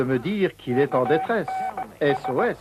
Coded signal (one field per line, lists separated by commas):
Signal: Morse code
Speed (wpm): 17 wpm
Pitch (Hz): 760 Hz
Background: speech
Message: UNS